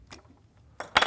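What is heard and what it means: An aluminum base plate is pushed fully onto a pistol magazine body after it did not pop perfectly into place. A faint tick at 0.1 s and a sharper contact at 0.8 s come before a crisp, loud click at 1.0 s as the base plate seats fully on the magazine.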